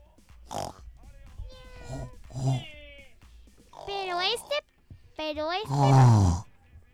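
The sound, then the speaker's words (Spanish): A person imitates animal noises: several drawn-out, wavering cat-like meows rising and falling in pitch, mixed with low snorting pig grunts, loud and alone with no other talking. “Ni siquiera tenían un solo pelo y aparte no ladraban, sino maullaban y hacían ruidos de cerdo.”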